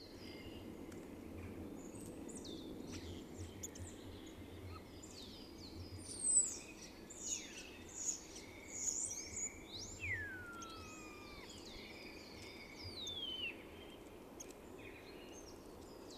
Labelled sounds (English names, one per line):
Black Woodpecker call